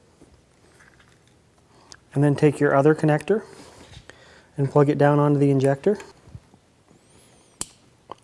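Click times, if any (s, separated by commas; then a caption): 7.6 s. A wiring harness connector for a fuel injection control box on a Suzuki RMZ 450 is plugged down onto the fuel injector while someone talks. A sharp snap at 7.6 s marks the connector seating on the injector, followed by faint ticks.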